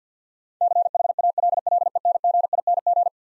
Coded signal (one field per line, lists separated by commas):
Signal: Morse code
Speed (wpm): 50 wpm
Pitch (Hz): 700 Hz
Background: none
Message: CHALLENGING